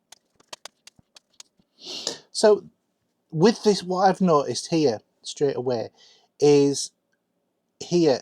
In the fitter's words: and then take the back and snap on